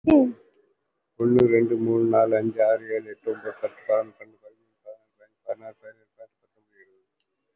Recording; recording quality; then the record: counting at a fast pace; moderate, slight background noise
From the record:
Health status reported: COVID-19 positive, moderate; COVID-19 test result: positive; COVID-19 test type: RT-PCR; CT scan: not taken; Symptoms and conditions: cough, sore throat, fever, fatigue, muscle pain, loss of smell and taste, diabetes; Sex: male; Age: 69 years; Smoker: no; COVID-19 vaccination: both doses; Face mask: worn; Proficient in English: yes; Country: India